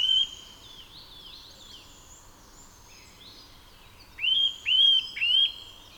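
Eurasian nuthatch calling with clear whistled notes that rise and level off, one at the start and three together near the end.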